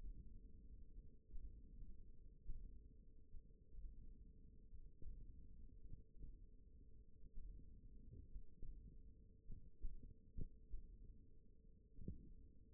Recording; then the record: forearm muscle sounds (acoustic myography)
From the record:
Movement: hand opening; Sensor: system 1, eight BSWA MPA416 microphones around the upper forearm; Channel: 1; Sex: female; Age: 20 years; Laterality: right